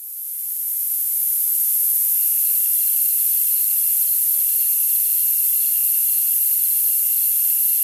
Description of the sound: Tinnitus Zapper 2 with Crickets 13 k Hz Noise Masking Audio.